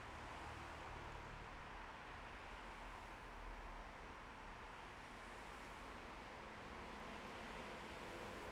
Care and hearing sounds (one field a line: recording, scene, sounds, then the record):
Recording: everyday scene through a hearing-aid microphone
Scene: in traffic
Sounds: traffic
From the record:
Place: bus stop on a city main road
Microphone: behind the ear, left, front